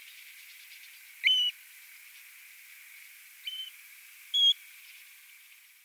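European golden plover calls: three pure whistled notes, irregularly spaced, against a background hiss.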